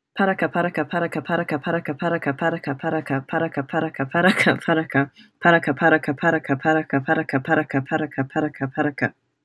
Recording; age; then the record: repeated syllables /pa ta ka/; 20 to 29 years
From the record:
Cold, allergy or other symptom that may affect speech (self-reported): no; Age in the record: 20 years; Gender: other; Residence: California, United States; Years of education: 14